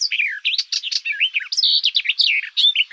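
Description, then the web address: Barred warbler song, a rapid scratchy chattering warble of varied notes, continuous for three seconds. "Sylvia nisoria"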